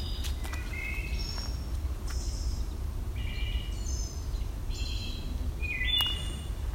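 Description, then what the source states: Wood thrush singing clear, flute-like notes at varied pitches over a constant low hum. Another wood thrush, in an old-growth forest with a spicebush understory beneath the canopy.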